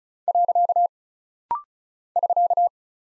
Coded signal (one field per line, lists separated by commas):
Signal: Morse code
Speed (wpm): 36 wpm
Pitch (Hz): 700 Hz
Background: none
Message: . <SK>